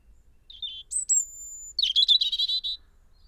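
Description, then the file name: European robin song: a short high note, a long thin sustained whistle, then a rapid cascade of tinkling, trilled notes lasting about a second. "Erithacus rubecula"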